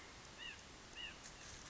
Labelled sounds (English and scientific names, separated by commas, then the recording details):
White-breasted Nuthatch (Sitta carolinensis)
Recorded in Sonoma County, California